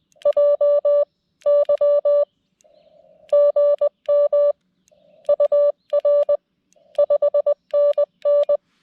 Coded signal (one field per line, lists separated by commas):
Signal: Morse code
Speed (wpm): 20 wpm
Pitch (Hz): 580 Hz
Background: none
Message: JY GM UR 5NN